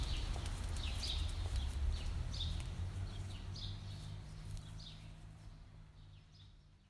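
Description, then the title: Bird chirps, quick falling notes in a rapid series that fades away toward the end, over heavy low rumble. "Birds Chirping Meditation"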